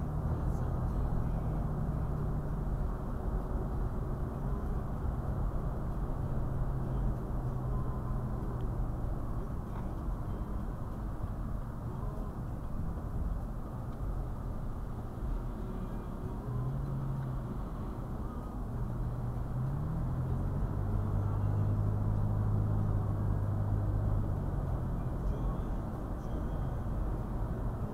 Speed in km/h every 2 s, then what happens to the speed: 77, 77, 74, 71, 61, 56, 52, 50, 50, 50, 58, 64, 64, 63.
0-13 slows to 50. 13-18 steady at about 50. 18-22 speeds up to 64. 22-28 steady at about 64.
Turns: none.